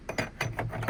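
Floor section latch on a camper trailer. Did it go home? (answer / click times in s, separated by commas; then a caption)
no / none. A folding floor section on a camper trailer is handled around its latch, giving a quick run of sharp metallic clicks and clinks at about 0.1, 0.4, 0.6, 0.8 and 0.9 seconds. The floor latch has not locked in, and nothing has seated or clicked home yet.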